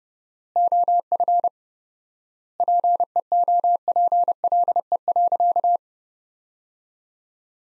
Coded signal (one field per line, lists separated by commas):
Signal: Morse code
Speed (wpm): 30 wpm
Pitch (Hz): 700 Hz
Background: none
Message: OF PEOPLE.